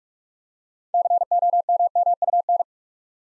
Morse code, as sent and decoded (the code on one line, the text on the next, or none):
-.-. --- -- -- ..- -.
COMMUN